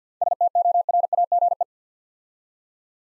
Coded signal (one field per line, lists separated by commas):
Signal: Morse code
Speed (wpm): 50 wpm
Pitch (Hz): 700 Hz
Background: none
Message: STORAGE